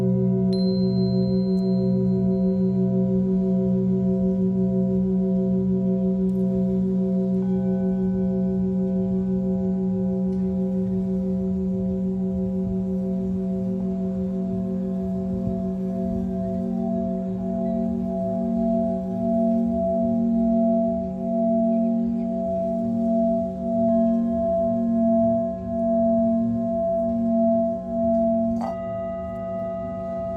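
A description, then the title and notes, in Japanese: Singing bowls ring in a continuous, layered drone, a deep hum near the bottom with several steady overtones above it. The tone pulses gently in slow, regular waves, growing more noticeably throbbing after the midpoint. A soft strike or touch adds brighter ringing near the end. メキシコから シンギングボウルのサウンドヒーリング ライブ。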